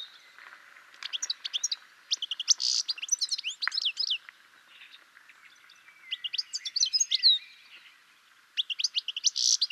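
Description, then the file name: European goldfinch with bright, jangling twitter phrases broken by brief gaps, notes sharp and high, repeated in several short bursts. "Carduelis carduelis"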